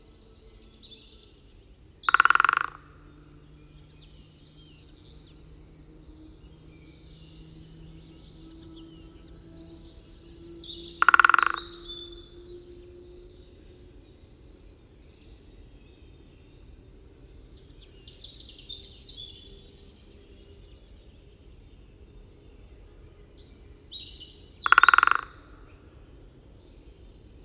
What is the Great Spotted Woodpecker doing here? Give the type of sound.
drumming